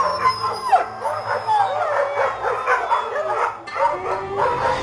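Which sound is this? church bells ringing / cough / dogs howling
dogs howling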